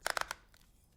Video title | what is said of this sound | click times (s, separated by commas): Reviewing a Bionic Hand! | locks into place, very satisfyingly, and now it's connected to a battery and some buttons. | 0.1 s, 0.2 s